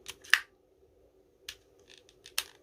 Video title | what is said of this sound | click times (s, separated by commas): Panasonic ES-RT37 Shaver Unboxing and Test Shave | there's the click | 2.4 s